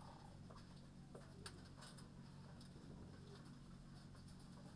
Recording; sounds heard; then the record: poultry house recording; sick chickens (respiratory disease)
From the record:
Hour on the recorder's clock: 21